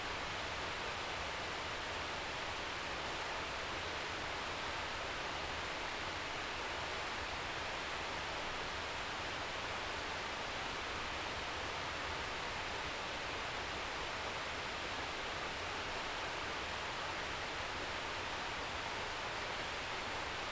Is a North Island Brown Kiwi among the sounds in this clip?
no